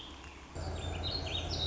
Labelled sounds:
Warbling Vireo (Vireo gilvus)

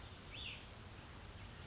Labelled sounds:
Cassin's Vireo (Vireo cassinii)

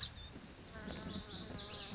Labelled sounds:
Lazuli Bunting (Passerina amoena)

